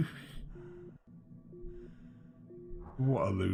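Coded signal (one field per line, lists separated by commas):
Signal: none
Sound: a game's warning beeps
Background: speech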